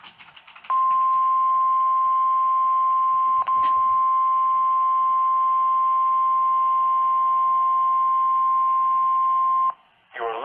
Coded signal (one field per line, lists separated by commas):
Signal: Emergency Alert System (SAME) tones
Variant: 1050 Hz attention tone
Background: speech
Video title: [EAS #44] RWT (3/28/2018)